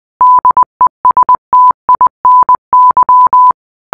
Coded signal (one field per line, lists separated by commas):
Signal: Morse code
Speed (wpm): 20 wpm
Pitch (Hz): 1000 Hz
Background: none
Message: DESTINY